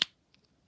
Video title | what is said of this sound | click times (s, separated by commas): SH Monsterarts kong from Godzilla vs Kong (2021) | click it makes a really nice click sound | 0.0 s